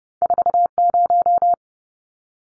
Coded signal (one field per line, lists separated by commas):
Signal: Morse code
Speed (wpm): 30 wpm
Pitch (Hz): 700 Hz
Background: none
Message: 40